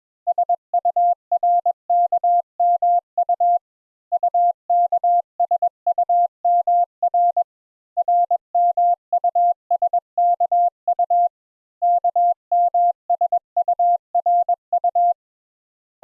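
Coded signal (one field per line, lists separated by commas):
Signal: Morse code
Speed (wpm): 21 wpm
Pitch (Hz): 700 Hz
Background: none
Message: SURKMU UKSUMR RMUSKU KMSURU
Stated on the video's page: Morse introductory lesson on letters U and V.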